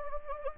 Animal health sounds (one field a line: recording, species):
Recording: mosquito wingbeat signal from an infrared sensor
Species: Anopheles gambiae